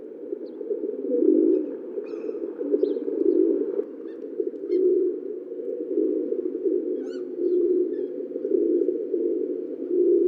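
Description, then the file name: Pigeon coos, repeated low and hollow phrases over a steady background, with occasional faint high chirps. "Columbidae"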